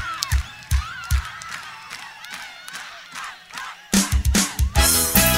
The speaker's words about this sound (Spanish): A ver las palmas, la gente, palmas, palmas, palmas.